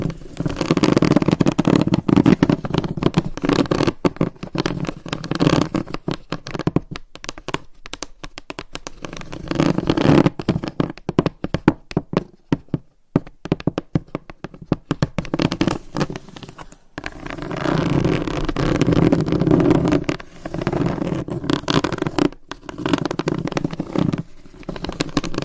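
Long nails tap and scratch across hollow boxes in quick, dense bursts of clicks and scrapes, each with a woody, hollow body. The busiest stretches come at the start, around ten seconds, and from about seventeen to twenty-four seconds, with sparser, gappier tapping between.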